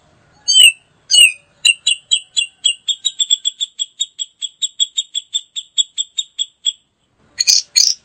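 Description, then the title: Grey-cheeked bulbul opening with two squeaky notes, then a long steady run of rapid high chips, ending in harsh scratchy bursts. Female grey-cheeked bulbul, known locally as cucak jenggot. "Cucak Jenggot Betina"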